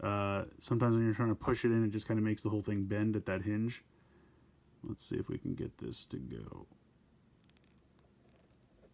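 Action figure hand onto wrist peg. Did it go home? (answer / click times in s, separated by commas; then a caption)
yes / 7.5 s, 7.6 s, 8.0 s. Someone talks while pushing a swapped plastic hand onto the wrist peg of a Halo The Spartan Collection Master Chief action figure, which is hard because the hinge bends. After the talking stops, quiet snaps come at 7.5, 7.6, 7.6 and 8.0 seconds as the hand seats onto the wrist.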